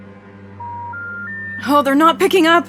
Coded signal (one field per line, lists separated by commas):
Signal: telephone call progress tone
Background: speech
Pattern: special information tone